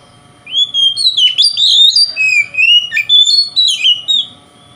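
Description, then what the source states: Oriental magpie-robin song: a continuous run of loud, clear whistled phrases, sliding up and down with sharp downward flicks between notes. Song style called kacer konslet in the Indonesian title.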